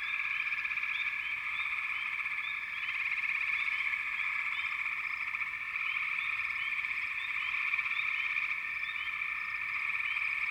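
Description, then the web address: Frog chorus with a constant buzzing trill background and numerous quick rising chirps overlapping throughout. "Sleep Sounds of Nature FROGS Frog Chourus"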